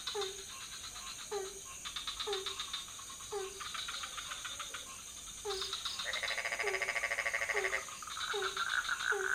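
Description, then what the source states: Frogs croaking: short falling notes repeated regularly, with bursts of rapid pulsed trills from other frogs and a constant high hum. Several frog species in a pond near a hotel, night, Ubud, Bali, Indonesia; recorded with Sony PCM D50, Rode NT4, Rode boompole.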